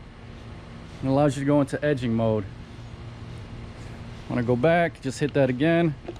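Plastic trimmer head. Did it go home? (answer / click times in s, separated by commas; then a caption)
no / none. A man talks while handling a Ryobi 18 volt trimmer/edger, pressing the release to rotate the plastic trimmer head from edging mode back toward its locked trimming position, with a steady low hum underneath. The clip ends before the head goes home, so nothing has seated or clicked yet.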